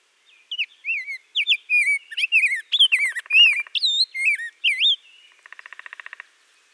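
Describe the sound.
Rose-breasted grosbeak song: a lively run of rich, slurred whistles rising and falling in quick succession, ending with a short buzzy pulsed trill.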